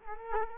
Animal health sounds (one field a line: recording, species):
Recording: mosquito wingbeat signal from an infrared sensor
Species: Culex quinquefasciatus